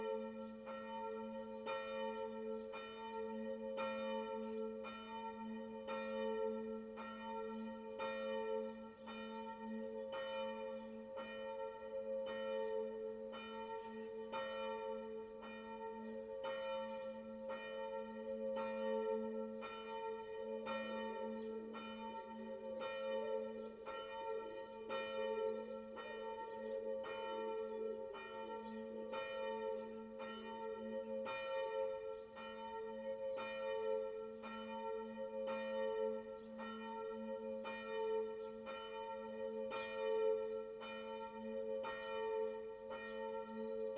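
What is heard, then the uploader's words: Morning bells ring steadily for the whole stretch, fast regular strokes blending into a sustained, resonant ringing with a strong low hum beneath. The morning bells ringing promptly at seven.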